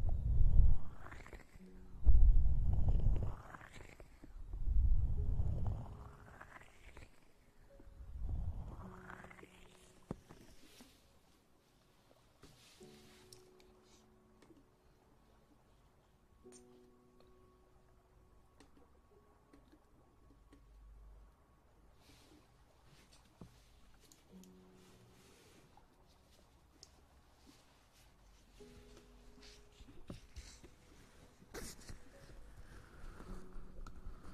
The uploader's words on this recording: Maid Ear Eating & Ear Massage.